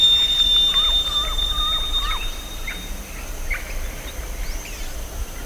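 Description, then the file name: Bird calls, a quick run of varied slurred notes, some rising and falling, repeated over the first few seconds, then fainter chirps against a quiet background. "SABIOD 50 bird 2015"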